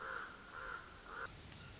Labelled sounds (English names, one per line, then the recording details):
Common Raven
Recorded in Sonoma County, California